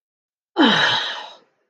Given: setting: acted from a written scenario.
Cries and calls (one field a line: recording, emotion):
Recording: vocal sound without words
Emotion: anger